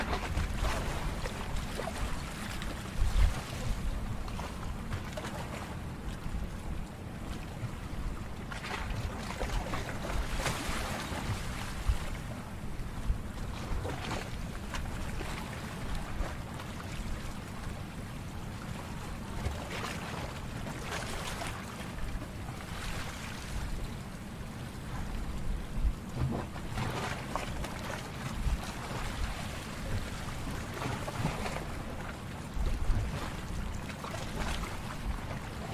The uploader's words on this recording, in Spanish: Sonido del Mar de Cancún, Sonido de las Olas Relajantes.